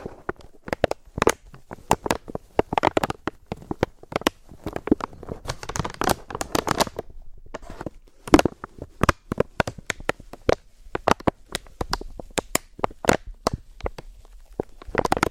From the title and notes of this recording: ASMR Slow & Gentle Crinkle Triggers. (No Talking).